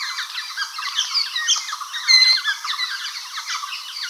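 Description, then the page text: White-cheeked laughingthrush flock chattering: dense overlapping squeaky and harsh notes from several birds, with a clear whistled note near the middle. "White-Cheeked Laughingthrush Flock Call. Quick Sounds"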